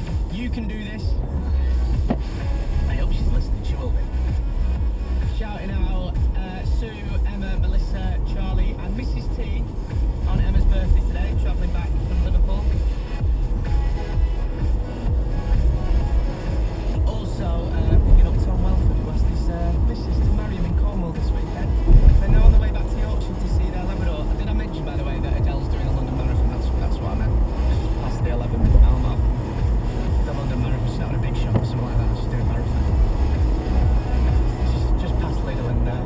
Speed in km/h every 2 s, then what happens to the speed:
45, 44, 44, 44, 45, 45, 47, 52, 56, 58, 64, 69, 72, 76, 77, 77, 77, 79.
0-11 steady at about 44. 11-25 speeds up to 76. 25-36 steady at about 77.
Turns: none.